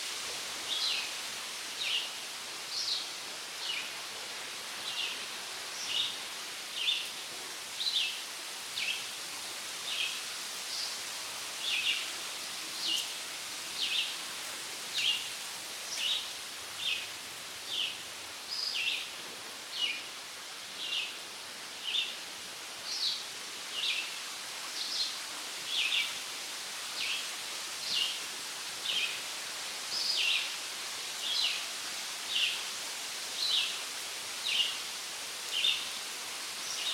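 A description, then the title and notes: Wind rustles through the trees as a steady, soft hiss that barely changes across the recording. Over it, a bird repeats short, bright chirps at a regular pace, about one or two each second, from start to finish. The wind rustles through the trees in the walking trails around Hobby Horse Farms, Annapolis Valley, Nova Scotia.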